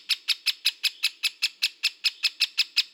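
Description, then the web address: Great spotted woodpecker calls: many short, sharp, loud notes repeated quickly in an even series, with no other sounds noticeable. "Dendrocopos major"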